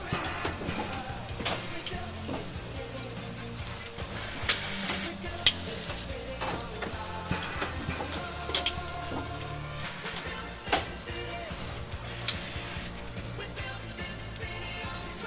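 Low mechanical whirring runs steadily under scattered tinkering clicks and sharp metallic taps, with bright hissing bursts near five and twelve seconds.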